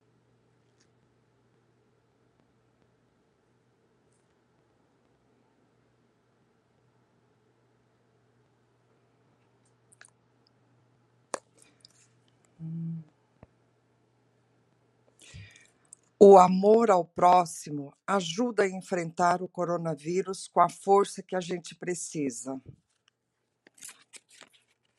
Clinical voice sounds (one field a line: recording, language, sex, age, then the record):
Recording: spoken sentence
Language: Brazilian Portuguese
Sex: female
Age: 60 to 69 years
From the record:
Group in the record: control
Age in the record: 68 years